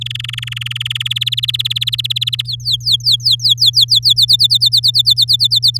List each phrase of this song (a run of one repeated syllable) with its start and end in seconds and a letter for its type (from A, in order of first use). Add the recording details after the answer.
0.01-1.03 A, 1.05-2.42 B, 2.45-4.13 C, 4.16-5.78 D. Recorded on 10 May 2018 at 12:30. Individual llb16